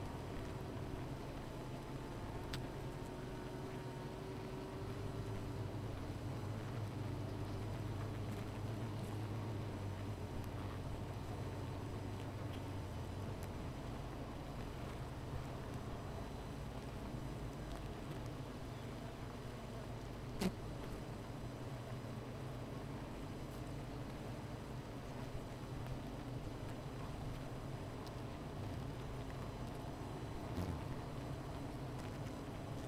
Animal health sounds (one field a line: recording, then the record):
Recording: honeybee colony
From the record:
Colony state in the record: missing queen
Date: 14 July 2017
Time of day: 13:54